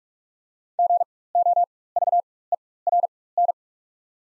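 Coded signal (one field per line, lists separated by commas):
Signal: Morse code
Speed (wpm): 43 wpm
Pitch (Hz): 700 Hz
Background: none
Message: GOVERN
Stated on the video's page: Morse practice set of the top 500 words at 45 wpm with 4x character spacing, Farnsworth-style timing for moving from individual characters to whole words.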